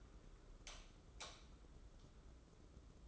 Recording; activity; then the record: daily activity, microphone in the room; light off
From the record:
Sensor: 3